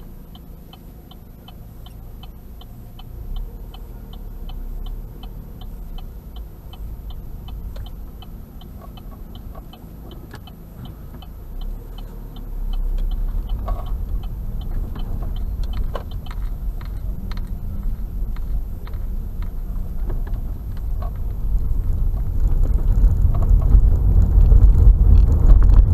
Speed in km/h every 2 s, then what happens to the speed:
1, 0, 2, 4, 3, 0, 2, 5, 7, 7, 10, 18, 25.
0-4 standing. 4-9 steady at about 3. 9-12 standing. 12-26 pulls away to 25.